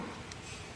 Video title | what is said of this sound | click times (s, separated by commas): Ser 500 window. Video 2 fix panel | and snap them into place. | 0.3 s